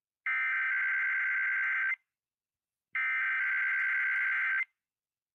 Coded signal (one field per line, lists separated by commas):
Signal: Emergency Alert System (SAME) tones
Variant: header bursts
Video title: RARE SATURDAY RMT, MISSOULA??? EAS Tests from June 2025 (EAS #5,965 - 6,012)